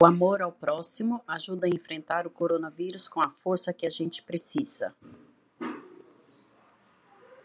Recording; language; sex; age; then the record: spoken sentence; Brazilian Portuguese; female; 50 to 59 years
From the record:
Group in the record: control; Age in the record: 57 years